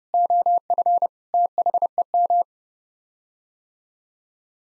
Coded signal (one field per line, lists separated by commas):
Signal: Morse code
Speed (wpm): 30 wpm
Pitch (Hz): 700 Hz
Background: none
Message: OF THEM